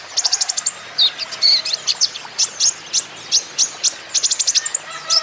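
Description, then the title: Van Hasselt's sunbird song: rapid runs of high, sharp tweets with a few sweeping whistles, fast and nearly continuous. Green-plumaged (ijoan) kolibri ninja (konin) in constant 'gacor' song, used as a lure and therapy for untrained konin, which are sure to answer. "KOLIBRI NINJA KONIN IJOAN GACOR COCOK UNTUK PANCINGAN TERAPI KONIN BAHAN PASTI NYAUT"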